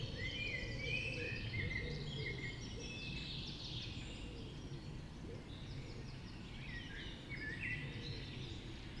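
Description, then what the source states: Chorus of songbirds with rapid trills and whistled phrases mixing continuously, a faint lower repeated note early on, and steady low background rumble. Dawn chorus recorded just after dawn in the Forest of Dean.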